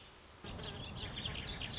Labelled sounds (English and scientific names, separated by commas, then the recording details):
Warbling Vireo (Vireo gilvus)
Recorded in Sonoma County, California